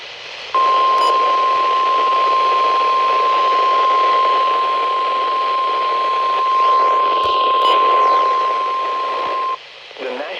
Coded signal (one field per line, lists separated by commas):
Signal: Emergency Alert System (SAME) tones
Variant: 1050 Hz attention tone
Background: speech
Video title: Severe thunderstorm warning EAS for Litchfield CT